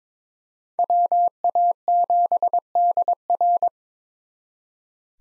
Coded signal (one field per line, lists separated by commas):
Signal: Morse code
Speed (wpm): 26 wpm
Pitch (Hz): 700 Hz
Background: none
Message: WA7DR